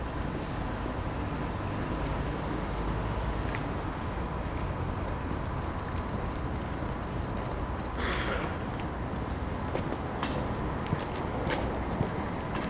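Commuters fill a train station platform under a steady low rumble, with faint voices, scattered footsteps, and a brief rustling burst near eight seconds.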